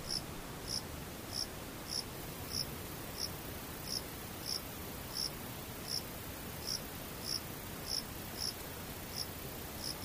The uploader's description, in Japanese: 無音遠くにムシ